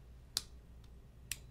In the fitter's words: so it clicks on if you can hear it